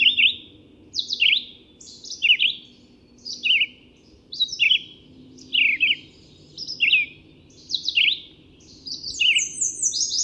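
Red-eyed vireo song of short slurred phrases, each different, given about once a second with brief pauses.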